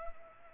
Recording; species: mosquito wingbeat signal from an infrared sensor; Culex pipiens